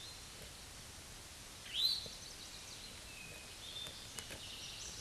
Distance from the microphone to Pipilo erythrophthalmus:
about 10 m